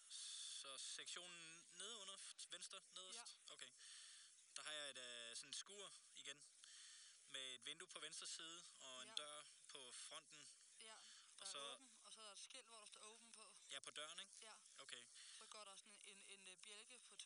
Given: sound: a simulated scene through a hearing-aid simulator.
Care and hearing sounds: conversation; quiet; 65 dB SPL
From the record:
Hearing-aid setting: II (fast-acting compression, audibility-based gain, advanced features for about 2.5 dB of SNR improvement); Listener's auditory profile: B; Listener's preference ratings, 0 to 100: 59, 76, 84

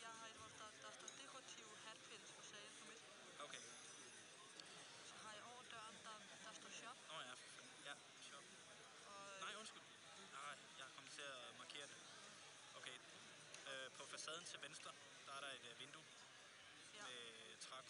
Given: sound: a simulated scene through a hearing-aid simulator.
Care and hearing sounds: conversation; cafeteria; +4 dB SNR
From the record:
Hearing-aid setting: I (fast-acting compression, audibility-based gain); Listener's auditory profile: A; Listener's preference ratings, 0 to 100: 29, 33, 55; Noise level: 65 dB SPL

